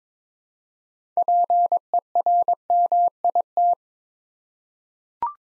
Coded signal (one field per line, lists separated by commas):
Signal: Morse code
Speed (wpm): 22 wpm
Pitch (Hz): 700 Hz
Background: none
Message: PERMIT